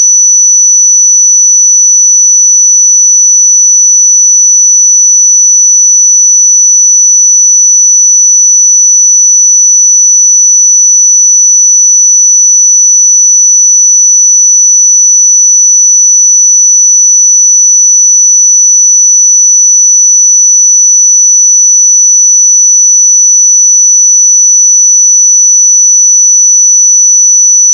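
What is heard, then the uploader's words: A pure 5950 Hz sine tone holds perfectly steady and high-pitched for the whole clip, unchanging in loudness, with silence behind it. 5950 Hz 1 Hz Interval Sine Pure Tone Frequency 441000 Sample Mono.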